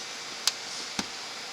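A plastic push-in retainer clip with collapsible fingers is squeezed and pushed into its mounting hole in the body panel near the headlight of a 2010 Honda Accord EX during a headlight bulb replacement. Sharp clicks are heard at 0.5 s and 1.0 s over a steady hiss, followed by a fainter tick at 1.5 s. The clip seats in its hole.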